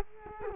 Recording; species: mosquito wingbeat signal from an infrared sensor; Culex quinquefasciatus